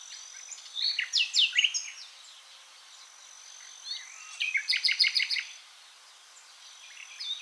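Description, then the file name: Common nightingale delivering two phrases: first a cluster of sharp, loud notes, then after a pause a fast series of repeated clipped notes, with a thin steady whine behind. "Luscinia megarhynchos"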